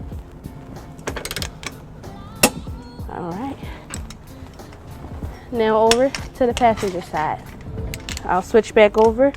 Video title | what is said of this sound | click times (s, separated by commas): 2017 BMW X1 Trailer Hitch Install | Till you hear your click. | 2.4 s